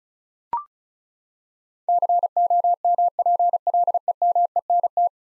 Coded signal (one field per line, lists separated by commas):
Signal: Morse code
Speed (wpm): 36 wpm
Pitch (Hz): 700 Hz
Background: none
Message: COMPLEMENT